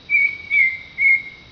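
Bird calling with three pure, level whistled notes, evenly spaced.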